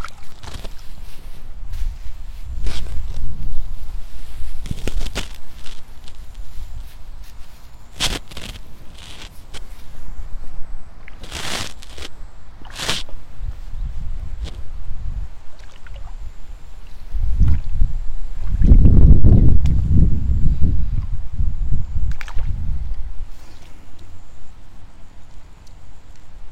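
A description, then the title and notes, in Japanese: Rice seedlings being pulled in the evening: soft low swishing and splashy rustling in water, with scattered sharp snaps and clicks throughout. A heavier, longer bout of sloshing rises around 18 to 22 seconds, while a faint thin high tone lingers. イネ苗取り ブユのいない気持ち良い夕方。いよいよ今年の手植え田んぼも大詰め。夕方、イネの苗取り。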